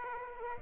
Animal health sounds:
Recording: mosquito wingbeat signal from an infrared sensor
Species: Aedes aegypti

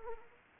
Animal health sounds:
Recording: mosquito wingbeat signal from an infrared sensor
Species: Anopheles arabiensis

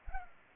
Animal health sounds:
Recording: mosquito wingbeat signal from an infrared sensor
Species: Culex pipiens

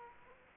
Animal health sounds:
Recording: mosquito wingbeat signal from an infrared sensor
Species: Aedes aegypti

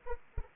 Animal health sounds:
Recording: mosquito wingbeat signal from an infrared sensor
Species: Anopheles arabiensis

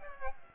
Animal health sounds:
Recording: mosquito wingbeat signal from an infrared sensor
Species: Aedes aegypti

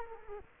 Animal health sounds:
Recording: mosquito wingbeat signal from an infrared sensor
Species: Culex quinquefasciatus

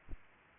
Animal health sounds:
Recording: mosquito wingbeat signal from an infrared sensor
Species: Aedes aegypti

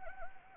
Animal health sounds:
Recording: mosquito wingbeat signal from an infrared sensor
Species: Anopheles gambiae

